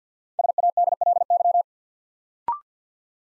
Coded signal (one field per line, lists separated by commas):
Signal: Morse code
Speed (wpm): 54 wpm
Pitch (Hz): 700 Hz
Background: none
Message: SADLY